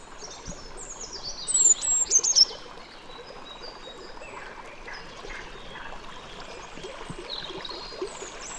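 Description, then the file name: Eurasian blue tit calls: a quick burst of thin, very high notes around the two-second mark, over steady background noise throughout. "Cyanistes caeruleus"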